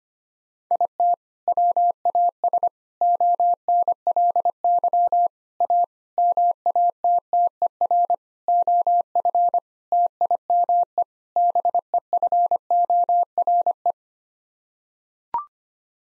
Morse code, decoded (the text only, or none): IT WAS ONLY A MATTER OF TIME BEFORE